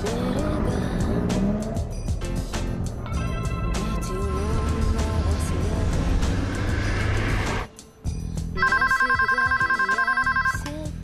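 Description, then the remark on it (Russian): A telephone starts ringing with a steady, high electronic trill in the final seconds, after a dense stretch of engine rumble and music that briefly drops out. “Послушайте, ему звонит вы...”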